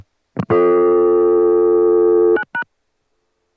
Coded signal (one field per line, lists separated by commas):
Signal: telephone call progress tone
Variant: North America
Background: music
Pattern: dial tone